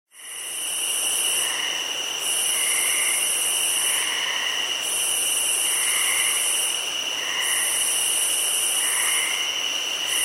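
Crickets calling in a constant high whine, with louder high buzzing bursts every couple of seconds and soft lower chirps.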